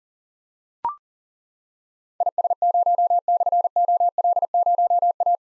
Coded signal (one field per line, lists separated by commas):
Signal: Morse code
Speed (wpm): 37 wpm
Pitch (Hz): 700 Hz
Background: none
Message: IS0/OL0A